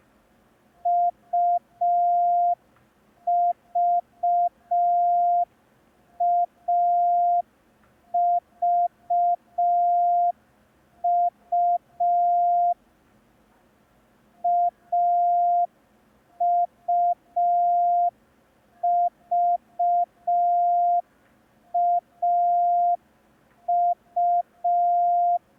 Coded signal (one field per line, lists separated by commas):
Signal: Morse code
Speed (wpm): 5 wpm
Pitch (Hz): 700 Hz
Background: none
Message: UVAVU AUVAU